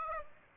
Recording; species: mosquito wingbeat signal from an infrared sensor; Aedes aegypti